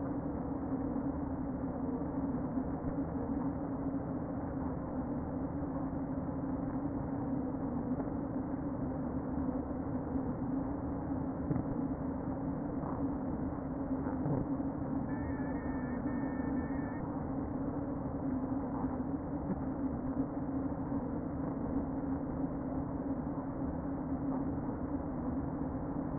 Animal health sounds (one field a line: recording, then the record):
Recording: honeybee colony, microphone inside the hive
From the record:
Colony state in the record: queen present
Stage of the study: before two queens were removed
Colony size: about 60,000 bees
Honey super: yes